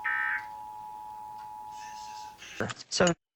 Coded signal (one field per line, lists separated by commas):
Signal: Emergency Alert System (SAME) tones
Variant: 853 and 960 Hz attention tone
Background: speech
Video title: 2023 National EAS Test